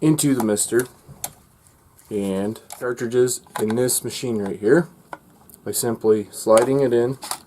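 A plastic scent cartridge is handled for sliding into a scent mister diffuser unit while someone talks, with a sharp tap at 1.2 s and a faint tick at 1.7 s between phrases. Nothing has seated or clicked yet.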